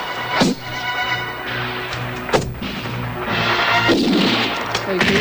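Video game gunshots crack out in a few sharp, loud bursts at irregular intervals over a steady humming soundtrack, with faint voices mixed in.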